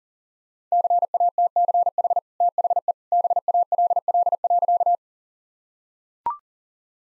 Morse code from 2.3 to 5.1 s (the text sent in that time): THE BALL.